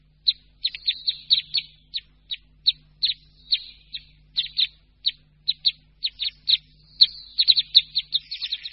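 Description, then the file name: Red crossbill giving repeated short, sharp kip notes, irregularly spaced and often doubled, continuing throughout and quickening toward the end. "Křivka-obecná"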